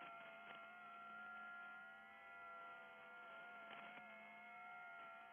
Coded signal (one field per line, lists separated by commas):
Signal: FT8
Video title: [ARCHIVE] Music, Ham Radio Voices & FT8 — Offline World-wide Comms from the Edge of the Net